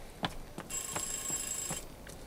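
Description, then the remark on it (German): A telephone rings with one high, shrill, buzzing burst lasting about a second, while several dull knocks or thuds sound at irregular intervals before, during and after it. “Ich muss an das Telefon.”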